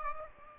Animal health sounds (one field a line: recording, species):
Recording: mosquito wingbeat signal from an infrared sensor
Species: Aedes aegypti